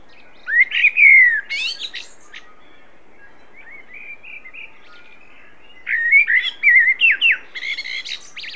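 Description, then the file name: Common blackbird singing two phrases several seconds apart, each with low fluty whistles and a high scratchy twitter. "Turdus merula"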